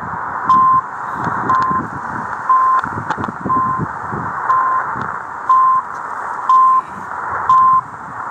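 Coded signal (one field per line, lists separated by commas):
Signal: radio time signal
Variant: CHU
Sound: eight short 1 kHz beeps, one each second, over crackly shortwave hiss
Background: radio static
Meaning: Each short 1 kHz pip marks the start of a second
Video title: Chu Canada, ,3330 KHz, a 4057 Kms callada en Casco Viejo, Panamá City.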